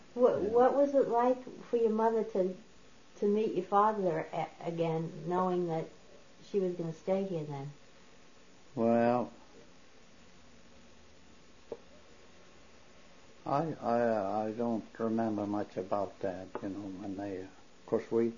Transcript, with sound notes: What was it like for your mother to meet your father again, knowing that she was going to stay here then?
Well, ( pause ) I don't remember much about that, you know, when they... 'Course